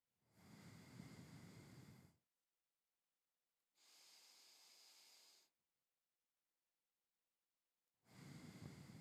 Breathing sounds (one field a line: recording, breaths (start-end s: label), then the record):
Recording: nose breathing near a microphone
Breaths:
0.00-2.33 s: exhalation
3.58-5.63 s: inhalation
7.78-9.01 s: exhalation
From the record:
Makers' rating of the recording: medium